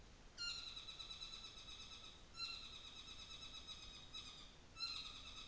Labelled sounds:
North Island Saddleback
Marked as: faintness 1/5
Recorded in New Zealand on 24 December 2018
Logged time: 17:00

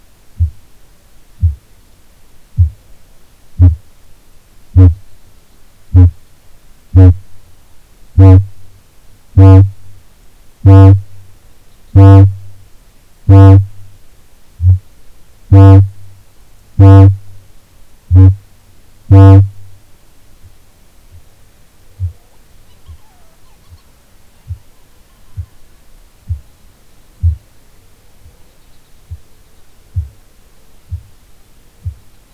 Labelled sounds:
Kākāpō boom
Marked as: faintness 2/5, faintness 1/5, faintness 5/5, faintness 3/5
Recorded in New Zealand
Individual Ben

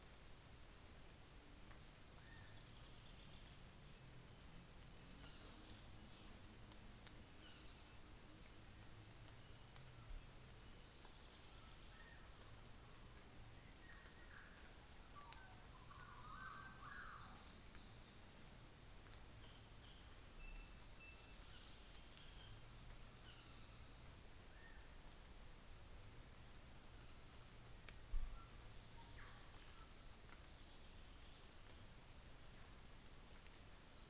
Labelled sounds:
North Island Saddleback
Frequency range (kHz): North Island Saddleback 1.2-5.2 kHz
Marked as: faintness 4/5, faintness 3/5
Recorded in New Zealand on 24 December 2018
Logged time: 10:15

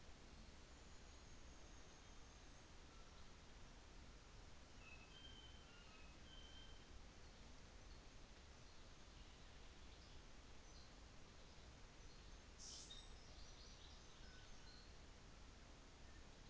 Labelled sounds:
New Zealand Fantail
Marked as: faintness 4/5, faintness 3/5
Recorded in New Zealand on 24 December 2018
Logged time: 15:45

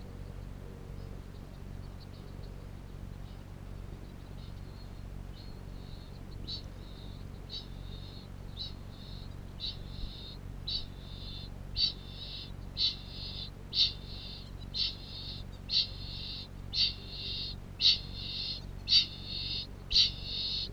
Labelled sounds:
Kākāpō ching call
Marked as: faintness 4/5, faintness 3/5, faintness 2/5
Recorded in New Zealand
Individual Piripi

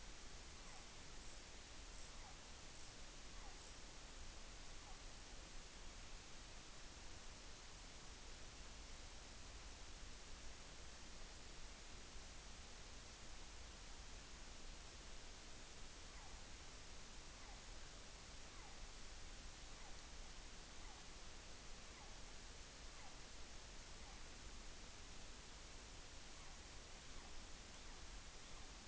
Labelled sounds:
Morepork weow call
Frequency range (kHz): Morepork 0.4-1.6 kHz
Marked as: faintness 5/5
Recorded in New Zealand on 14 June 2013
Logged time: 02:27
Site Ponui

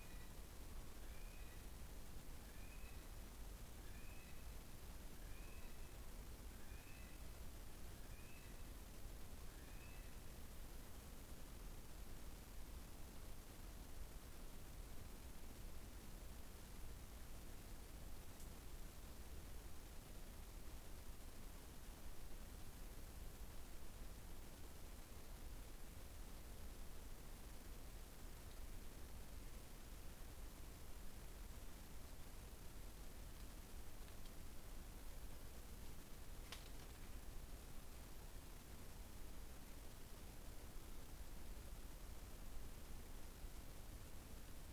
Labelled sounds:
North Island Brown Kiwi male call
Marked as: faintness 3/5
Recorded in New Zealand on 15 November 2013
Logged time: 00:43
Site BV22

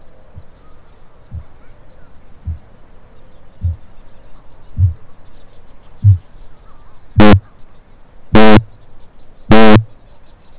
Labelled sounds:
Kākāpō boom
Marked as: faintness 3/5, faintness 2/5, faintness 1/5
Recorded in New Zealand
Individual Stumpy

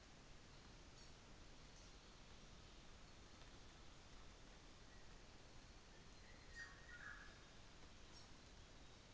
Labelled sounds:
New Zealand Fantail
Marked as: faintness 4/5, faintness 5/5, faintness 3/5
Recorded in New Zealand on 24 December 2018
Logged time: 11:00

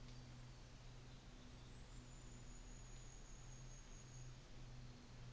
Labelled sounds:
New Zealand Fantail
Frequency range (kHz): New Zealand Fantail 6.1-7.9 kHz
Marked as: faintness 3/5
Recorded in New Zealand on 24 December 2018
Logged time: 13:10

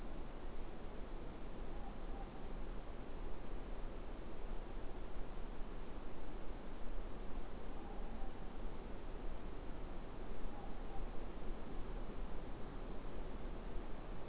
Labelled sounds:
Morepork more-pork call
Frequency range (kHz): Morepork 0.6-1.0 kHz
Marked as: faintness 5/5, faintness 4/5
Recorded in New Zealand
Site Eglinton

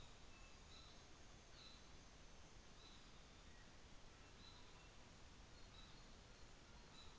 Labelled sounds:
North Island Saddleback
New Zealand Fantail
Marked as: faintness 5/5, faintness 4/5, faintness 3/5
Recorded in New Zealand on 24 December 2018
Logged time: 17:45

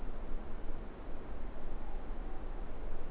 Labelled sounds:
Morepork more-pork call
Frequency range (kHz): Morepork 0.6-1.0 kHz
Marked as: faintness 5/5
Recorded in New Zealand
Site Eglinton

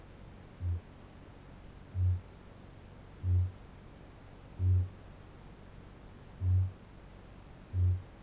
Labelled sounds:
Kākāpō boom
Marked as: faintness 3/5, faintness 2/5
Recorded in New Zealand
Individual Barnard

